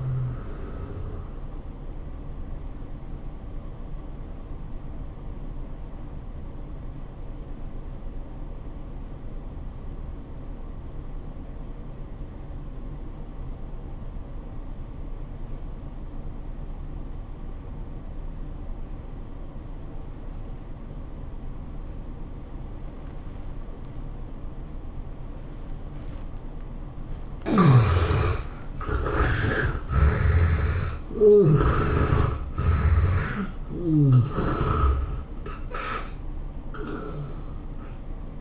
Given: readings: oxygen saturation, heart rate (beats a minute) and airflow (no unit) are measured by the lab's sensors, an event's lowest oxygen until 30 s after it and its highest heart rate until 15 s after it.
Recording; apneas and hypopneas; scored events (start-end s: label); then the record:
breathing in sleep by a smartphone at the bedside; 1
5.00-27.00 s: obstructive apnea (N1, oxygen 96% highest, then 72% lowest, heart rate 93 at the start, 104 highest)
From the record:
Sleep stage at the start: N1 (lightest sleep); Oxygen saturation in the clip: 70 to 96%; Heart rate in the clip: 81 to 104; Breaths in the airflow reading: 3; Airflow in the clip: -13.3 to 15.4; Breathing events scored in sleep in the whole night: 403 in 5.5 hours asleep